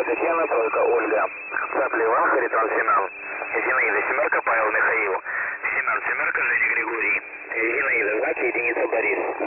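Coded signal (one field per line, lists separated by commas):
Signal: coded military voice message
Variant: The Pip (S30), Russian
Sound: a Russian male voice rapidly reads phonetic-alphabet words and numbers over radio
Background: radio static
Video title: The Pip Voice Message February 10, 2021 05:37 UTC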